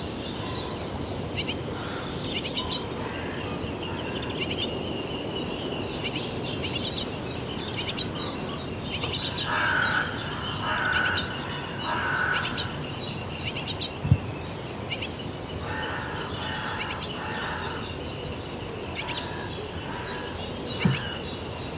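Birds chirp busily around a nest box, with repeated short calls, a run of brighter cries near the middle, and a steady low rumble underneath.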